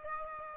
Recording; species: mosquito wingbeat signal from an infrared sensor; Aedes aegypti